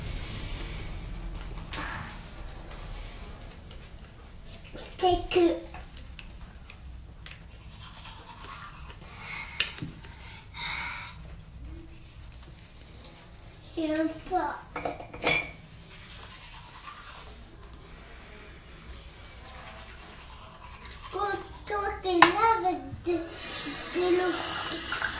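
Teeth brushing comes through as soft, scratchy scrubbing bursts that start and stop irregularly over a low, steady hum. Short spoken exclamations break in around five seconds, near fourteen to fifteen seconds, and in a busier cluster from about twenty-two seconds onward.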